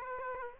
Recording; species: mosquito wingbeat signal from an infrared sensor; Aedes aegypti